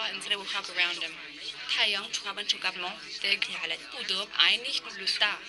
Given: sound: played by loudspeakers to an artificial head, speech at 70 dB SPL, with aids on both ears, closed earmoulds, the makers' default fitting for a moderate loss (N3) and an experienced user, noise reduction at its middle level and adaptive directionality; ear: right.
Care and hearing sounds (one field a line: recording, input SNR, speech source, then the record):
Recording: speech test signal (ISTS) in cocktail-party noise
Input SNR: +3 dB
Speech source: on the right (90 degrees)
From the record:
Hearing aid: class 2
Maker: B